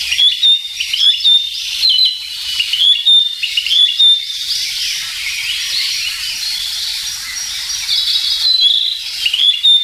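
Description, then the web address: Narcissus flycatcher song with quick whistled notes in the first half and again at the end, a continuous high hiss filling the pauses. "sikioto. kibitaki"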